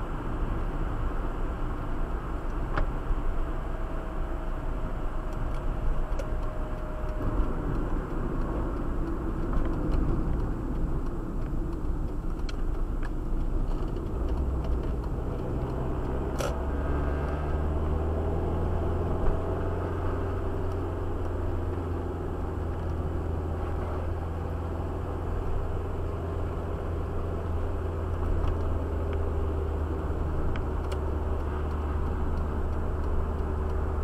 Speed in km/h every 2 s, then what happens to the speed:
68, 66, 63, 62, 54, 41, 35, 38, 45, 52, 52, 49, 50, 51, 46, 45, 46.
0-12 slows to 35. 12-18 speeds up to 52. 18-34 steady at about 49.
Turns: 10-16.